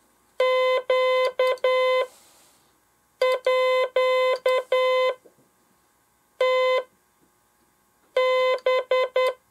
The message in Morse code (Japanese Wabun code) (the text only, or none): ネームハ